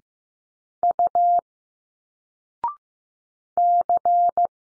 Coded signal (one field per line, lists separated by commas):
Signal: Morse code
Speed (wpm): 15 wpm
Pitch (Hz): 700 Hz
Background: none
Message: U C